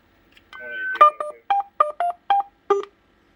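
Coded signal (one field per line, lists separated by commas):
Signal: roger beep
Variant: custom melody roger beep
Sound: a rising tone followed by seven short electronic melody notes of varying pitch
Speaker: and this is the custom one we put in for you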